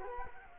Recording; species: mosquito wingbeat signal from an infrared sensor; Culex quinquefasciatus